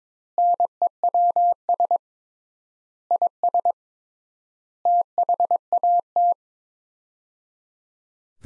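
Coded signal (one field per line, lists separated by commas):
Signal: Morse code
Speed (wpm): 22 wpm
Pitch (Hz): 700 Hz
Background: none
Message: NEWS IS THAT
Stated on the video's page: Morse practice at 22 wpm: sets of five words with 3x standard word spacing, a word-level Farnsworth-style method; each set is sent, spoken, then sent again.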